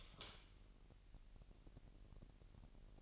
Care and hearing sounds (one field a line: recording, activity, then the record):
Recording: daily activity, microphone in the room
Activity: light on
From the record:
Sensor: 4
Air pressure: 1002.7 hPa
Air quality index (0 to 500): 249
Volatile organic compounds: 14 ppm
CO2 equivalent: 2469 ppm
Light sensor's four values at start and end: 6/14/5/6 and 7/16/6/7